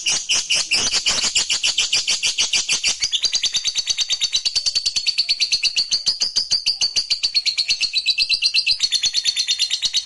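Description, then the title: Lovebird song, harsh rapid chatter at first, shifting after three seconds into a slightly lower, smoother run of fast repeated pulsed notes. "Suara Lovebird"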